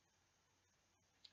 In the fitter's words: you hear the click it's good installed